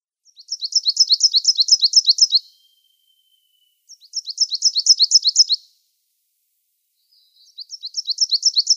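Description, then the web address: Coal Tit song of fast, thin, repeated syllables, several per phrase, delivered in bursts every few seconds against a silent background. "Schulze Peter Coal Tit song"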